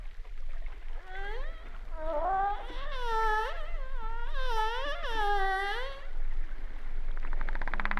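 Humpback whale song: a run of wavering cries that swoop up and down in repeated looping phrases, with a low underwater rumble beneath.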